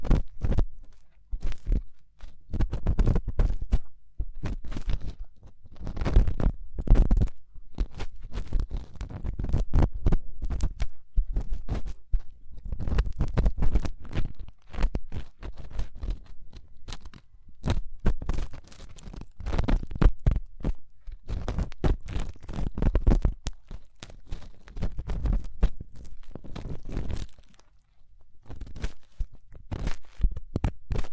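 Fast, intense ear cleaning fills the recording with dense, irregular bursts of crunching, scratching and rubbing, packed closely together with only brief gaps. The sounds are mostly low and muffled, with sharp crackly edges. Near the end, a short pause interrupts the steady flurry.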